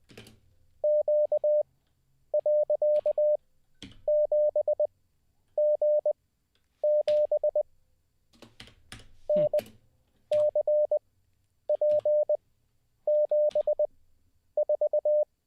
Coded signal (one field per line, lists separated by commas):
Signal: Morse code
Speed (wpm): 20 wpm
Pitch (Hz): 600 Hz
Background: none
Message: Q.7G7 NCP74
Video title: How To Learn Morse Code LIVE with N0SSC (Day 21)